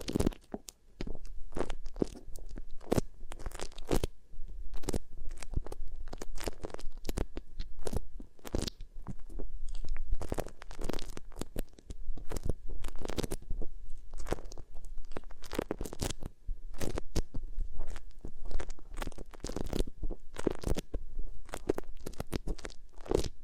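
Beeswax ear triggers: dense, irregular sticky crackles and crunchy squishes follow one another almost without pause for the whole stretch. Sharp bright snaps punctuate a softer low rumbling press, with bursts clustering unevenly and the overall level staying fairly steady.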